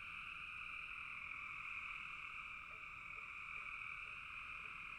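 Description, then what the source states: Frogs trilling in an unbroken high chorus, joined by a handful of faint low chirps in the second half. Frogs calling in a bog.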